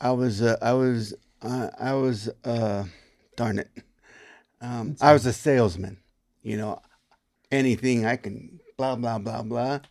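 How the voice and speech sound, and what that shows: Halting speech from an adult man with aphasia after a stroke 2.5 years earlier, with repeated restarts, long pauses and filler words typical of word-finding difficulty; gradual improvement with therapy, though speech is still not the same.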